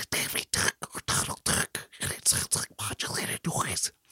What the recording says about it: For cochlear implant listeners, they tend to not have very great access to pitch for a number of reasons. They're listening through very broad channels. And most of the time when they're listening to speech, it sounds something like, when you're listening to Davy Duck or Donald Duck, and it sounds like modulated noise. It tends to sound more like that than like the pitchy quality that speech tends to have sort of like a whisper combined with noise.